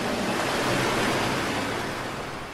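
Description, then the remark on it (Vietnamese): A loud, continuous roar of crashing waves and churning water against a large boat, a huge wave tossing the boat out of the water several times and spraying foam over the bow, sustained without a break and easing slightly toward the end, with no voices. “Lần này con nước ập đến còn lớn hơn, mạnh mẽ hơn cả con thuyền lớn, tựa như chiếc cano lướt sóng mấy lần bị hất văng lên khỏi mặt nước.”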